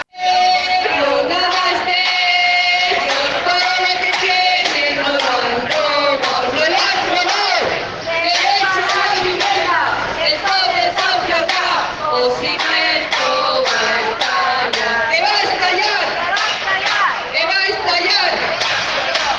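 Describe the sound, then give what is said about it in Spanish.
A protest crowd shouts continuously at a rally, many voices merging into a loud, sustained roar with rhythmic chanted bursts and sharp cries rising throughout. “seguimos en la concentración gritando todo lo que podamos.”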